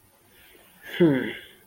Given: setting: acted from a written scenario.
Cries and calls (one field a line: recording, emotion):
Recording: vocal sound without words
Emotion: serenity